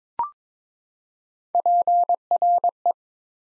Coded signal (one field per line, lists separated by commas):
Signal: Morse code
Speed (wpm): 22 wpm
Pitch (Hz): 700 Hz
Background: none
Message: PRE